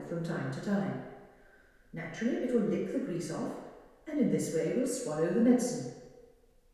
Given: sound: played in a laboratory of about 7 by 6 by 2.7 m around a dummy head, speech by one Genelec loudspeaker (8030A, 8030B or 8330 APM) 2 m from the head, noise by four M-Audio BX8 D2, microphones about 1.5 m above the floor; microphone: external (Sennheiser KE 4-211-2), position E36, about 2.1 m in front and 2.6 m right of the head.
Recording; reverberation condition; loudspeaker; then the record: female speech in English; high; 90 degrees to the left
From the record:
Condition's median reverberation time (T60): about 1300 ms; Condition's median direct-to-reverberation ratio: about -4.0 dB